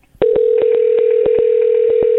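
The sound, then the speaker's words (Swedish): Telephone dialing tones as a call is placed to footballer Pontus Dahlberg at the U21 European Championship in Poland: a loud, steady mid-pitched tone runs throughout while a quick series of short clicks or beeps cuts across it at a slightly uneven rhythm. No one speaks. “Vi ringer matchens lirare, Pontus Dahlberg, och lyssnar vad han tycker om saker och ting.”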